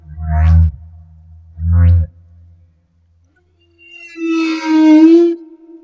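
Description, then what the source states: Humpback whale song with two short, deep grunting moans, a pause, then a higher wavering tonal cry layered with rough overtones. Madagascar.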